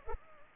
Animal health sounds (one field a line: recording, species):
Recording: mosquito wingbeat signal from an infrared sensor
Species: Anopheles arabiensis